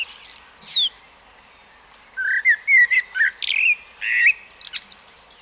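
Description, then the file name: Common blackbird giving a falling high whistle, then a run of mellow warbled notes and squeaky high ends, with faint background hiss. "Turdus merula"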